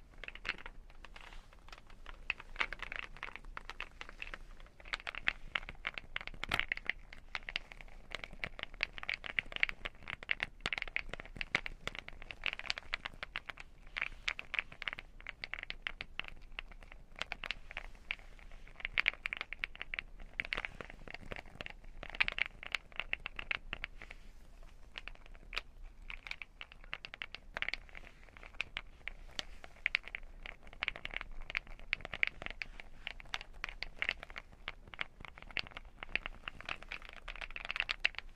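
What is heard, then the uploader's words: Dry tapping and rolling on headphones, with dense, irregular taps and crinkly rubbing that keep going for the whole stretch. Sharper clicks stand out every second or two over a soft, bright scratchy texture, with a faint low hum underneath. Headphone Tapping & Massage Rollers.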